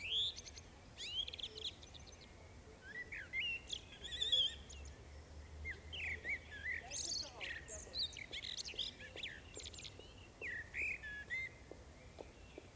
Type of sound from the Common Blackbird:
song